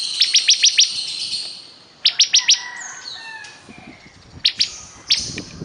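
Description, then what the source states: Bar-winged prinia song: a few short runs of sharp high chips, with softer faint sounds in between. Singing vigorously ('gacor').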